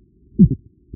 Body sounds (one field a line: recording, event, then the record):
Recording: neck accelerometer signal played as sound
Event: voluntary cough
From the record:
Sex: male